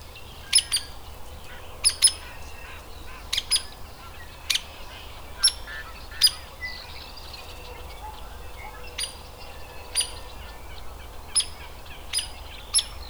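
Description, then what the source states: Hairy woodpecker with a run of sharp peek calls, some doubled in quick succession, others isolated, while faint chirps of other birds carry on underneath. Adult bird.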